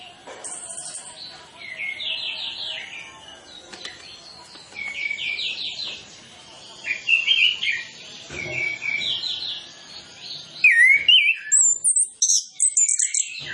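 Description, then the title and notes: Orange-headed Thrush song, rich varied phrases of warbled, slurred notes in quick bursts, ending with louder, very high, sharp chattering outbursts. Lure recording to make Orange-headed Thrushes sing quickly, full of varied filler phrases, used to prompt birds to sing openly. "Masteran Anis Kembang Full Isian Untuk Suara Pancingan Anis Kembang Agar Cepat Ngeplong. Suara Burung Anis Kembang"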